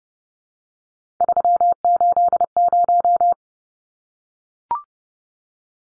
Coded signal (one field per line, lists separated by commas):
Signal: Morse code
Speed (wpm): 30 wpm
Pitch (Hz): 700 Hz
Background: none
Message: 380